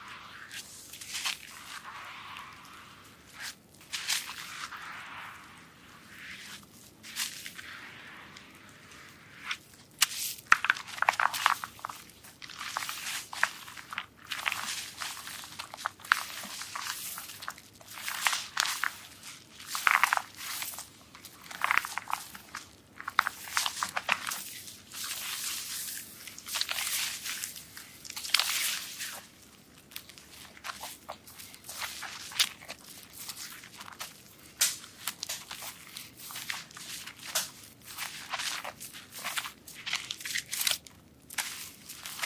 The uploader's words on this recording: ASMR soap massage with relaxing sounds.